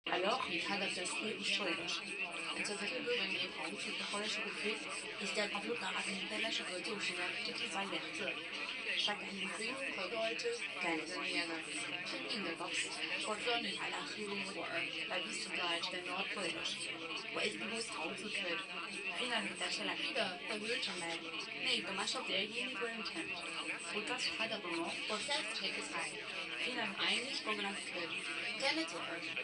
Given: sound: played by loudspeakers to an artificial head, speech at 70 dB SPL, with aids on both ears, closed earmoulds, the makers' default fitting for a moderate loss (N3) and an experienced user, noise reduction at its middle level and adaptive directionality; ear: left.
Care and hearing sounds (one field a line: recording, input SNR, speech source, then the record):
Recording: speech test signal (ISTS) in cocktail-party noise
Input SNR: +3 dB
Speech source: on the right (90 degrees)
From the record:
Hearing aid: class 2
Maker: C